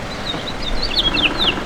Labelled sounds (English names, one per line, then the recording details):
House Finch song
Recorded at Freeport on Long Island, New York, on 28 May 2013
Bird E